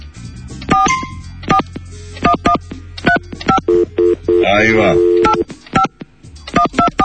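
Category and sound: signal or alarm, telephone keypad dialing tones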